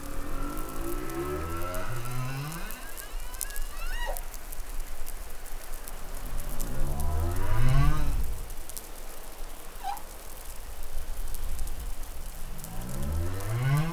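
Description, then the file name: Humpback whale song: deep harmonic moans swell and fade in repeated phrases, with occasional short high squeaks between them. Recorded in New Caledonia on 20 July 2013. "Baleinea Bosse Nouvelle Caledonie Glotin"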